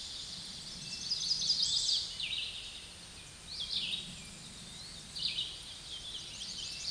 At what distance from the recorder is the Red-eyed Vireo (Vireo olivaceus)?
about 25 m